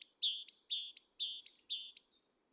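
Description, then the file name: Great tit song: a rapid two-note phrase, a high note dropping to a lower one, repeated several times in about two seconds, clear and clean. "Parus major"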